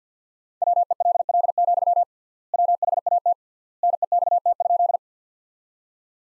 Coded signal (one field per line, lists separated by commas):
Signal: Morse code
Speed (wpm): 50 wpm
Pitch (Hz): 700 Hz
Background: none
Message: WELL, WHAT NEXT?